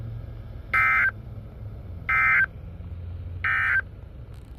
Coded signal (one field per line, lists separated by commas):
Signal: Emergency Alert System (SAME) tones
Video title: “Winter Storm Warning In Now Effect” (EAS 436-442)